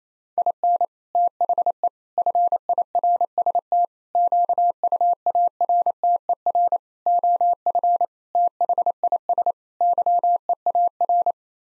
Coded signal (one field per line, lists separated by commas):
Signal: Morse code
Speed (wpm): 28 wpm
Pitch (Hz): 700 Hz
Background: none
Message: IN THE FIRST QUARTER OF THIS YEAR